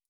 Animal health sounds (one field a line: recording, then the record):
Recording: hydrophone in a shrimp aquaculture tank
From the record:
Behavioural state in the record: stressed